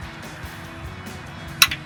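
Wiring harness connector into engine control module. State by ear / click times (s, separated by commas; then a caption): seated / 1.6 s. A black unlock-cable wiring harness connector for a 2019–2021 V8 Silverado 1500 is pushed into its matching black socket at the engine control module. A sharp click at 1.6 s shows it has seated, with a softer tap just after over low background noise.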